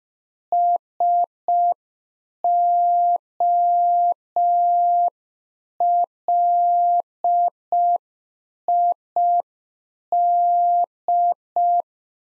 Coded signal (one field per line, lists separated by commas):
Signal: Morse code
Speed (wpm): 5 wpm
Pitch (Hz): 700 Hz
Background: none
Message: SOLID